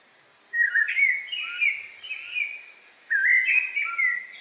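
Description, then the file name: Eurasian blackbird singing two warbled fluty phrases over a soft, steady background hiss. Recorded in a forest on 8 July 2018. "180708 blackbird forest"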